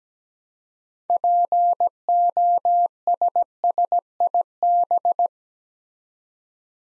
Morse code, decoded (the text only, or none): POSSIB